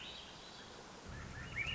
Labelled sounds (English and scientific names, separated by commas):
Swainson's Thrush (Catharus ustulatus)